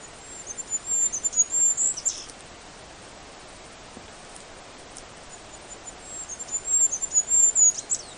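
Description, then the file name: Goldcrest uttering two bursts of extremely high, thin, tinkling notes, one near the start and one near the end, separated by several seconds of quiet. "Dmitry Kulakov - ZHeltogolovyj korolyok Regulus regulus"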